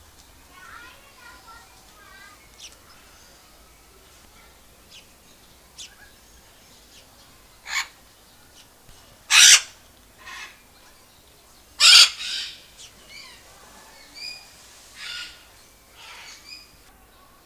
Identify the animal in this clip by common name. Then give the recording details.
Red-fronted Macaw. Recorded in captivity. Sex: pair. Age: adult. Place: Zoo Berlin, Berlin, DE. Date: 2001-08-14 15:25. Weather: sonnig, ca. 26°C. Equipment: Marantz CP 130, Sennheiser MKH 416, Kopie Uher 4000 Report Monitor. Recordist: Tembrock, Günter